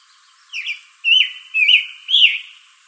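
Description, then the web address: Scarlet tanager singing four raspy, burred phrases, the first softer than the rest, at a steady brisk pace. Recorded in Arizona on 22 June 2012. "Tanagers. SCTA stejskal 062212"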